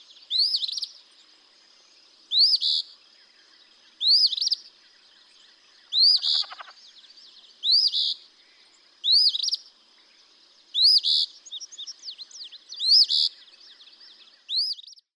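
Eastern phoebe singing a crisp upslurred note joined to a rough buzz, repeated every one and a half to two seconds; a brief lower rattle near the middle.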